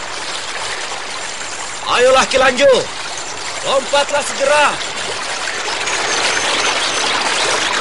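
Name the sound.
flowing river stream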